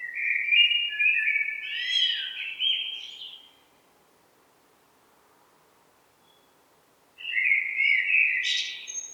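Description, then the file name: Eurasian blackbird song: a fluted warbling phrase with high squeaky notes, a pause of several seconds, then another phrase begins. "Turdus merula"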